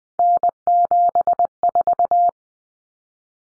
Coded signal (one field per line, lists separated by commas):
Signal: Morse code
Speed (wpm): 20 wpm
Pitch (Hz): 700 Hz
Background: none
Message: N74